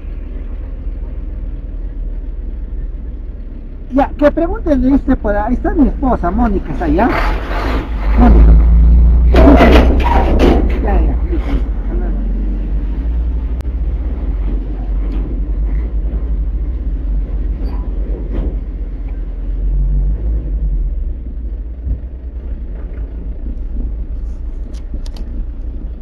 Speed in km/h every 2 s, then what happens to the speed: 5, 4, 3, 3, 3, 4, 5, 6, 6, 5, 7, 7, 8.
0-26 steady at about 5.